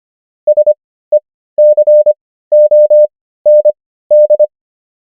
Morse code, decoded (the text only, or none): SECOND